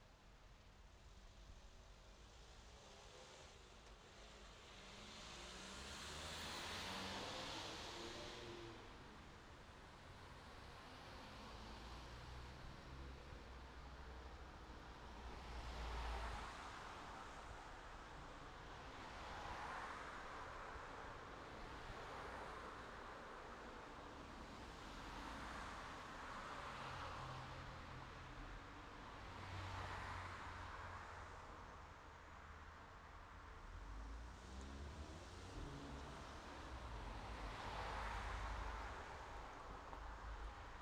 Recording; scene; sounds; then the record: everyday scene through a hearing-aid microphone; in traffic; traffic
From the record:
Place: city secondary road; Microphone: in the ear canal, left